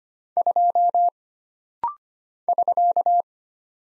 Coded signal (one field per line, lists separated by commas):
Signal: Morse code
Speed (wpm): 25 wpm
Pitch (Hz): 700 Hz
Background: none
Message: 2 <SK>